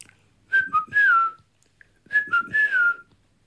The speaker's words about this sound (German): Dann hörte ich, wie er zurückkam. Er pfiff für mich.